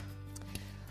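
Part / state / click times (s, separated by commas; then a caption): ladder lock on the side rail / not seated / none. A hand handles the lock on the side rail of an A-frame ladder, nearest side, after the ladder is turned around, with brief ticks at about 0.4 and 0.6 seconds over a steady low hum. Nothing has seated or clicked into place yet.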